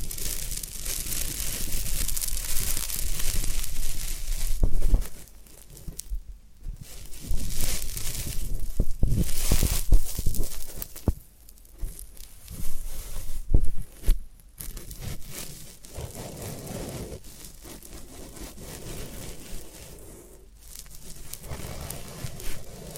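Floral foam being handled, with rough crumbly scraping and crushing textures that come in dense bursts, several short near-silent gaps around 6, 11, 14 and 20 seconds. The sound is gritty and bright, louder in the first half and softer, steadier toward the end.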